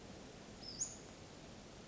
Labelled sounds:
Western Flycatcher
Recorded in Sonoma County, California

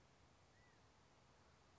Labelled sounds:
California Quail
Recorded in Sonoma County, California

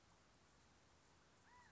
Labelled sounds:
California Quail
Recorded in Sonoma County, California

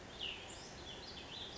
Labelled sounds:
Cassin's Vireo
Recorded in Sonoma County, California

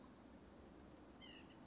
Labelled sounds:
White-breasted Nuthatch
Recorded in Sonoma County, California

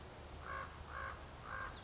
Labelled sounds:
Common Raven
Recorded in Sonoma County, California

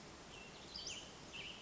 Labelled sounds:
Western Flycatcher
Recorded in Sonoma County, California

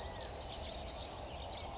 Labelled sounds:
California Quail
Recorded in Sonoma County, California

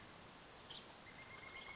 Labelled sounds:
Pileated Woodpecker
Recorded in Sonoma County, California

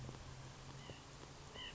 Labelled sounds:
White-breasted Nuthatch
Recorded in Sonoma County, California

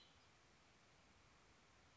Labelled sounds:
Red-winged Blackbird
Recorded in Sonoma County, California

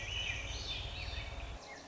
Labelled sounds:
Swainson's Thrush
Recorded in Sonoma County, California

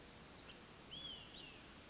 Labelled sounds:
Olive-sided Flycatcher
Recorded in Sonoma County, California

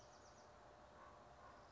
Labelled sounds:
Bewick's Wren
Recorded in Sonoma County, California

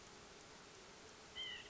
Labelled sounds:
White-breasted Nuthatch
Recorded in Sonoma County, California

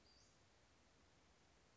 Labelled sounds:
Western Flycatcher
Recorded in Sonoma County, California

